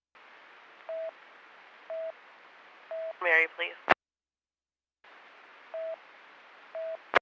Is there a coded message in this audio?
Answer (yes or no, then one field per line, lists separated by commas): no